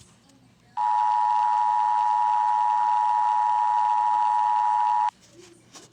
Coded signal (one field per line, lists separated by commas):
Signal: Emergency Alert System (SAME) tones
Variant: 853 and 960 Hz attention tone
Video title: EAS Scenario: Nuclear Disaster Part 1